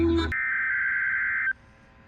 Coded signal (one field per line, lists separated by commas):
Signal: Emergency Alert System (SAME) tones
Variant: header bursts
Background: speech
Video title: A lot of weekly test (EAS# 581 602)